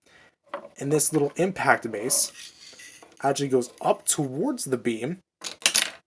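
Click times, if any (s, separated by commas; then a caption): none. A plastic impact-base effect piece is set up against the heat-ray beam accessory on an action figure, giving light plastic taps around 0.5 s and 5.5–5.8 s while someone talks. The piece only rests in place, and nothing has seated or clicked yet.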